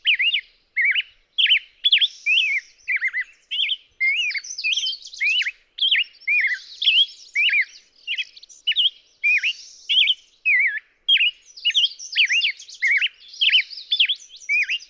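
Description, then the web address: Black-headed grosbeak song: a long run of short, sweet whistled notes that swoop up and down, separated by brief gaps, with higher buzzy trills interspersed throughout. "birdsongforthecurious Black-headed Grosbeak"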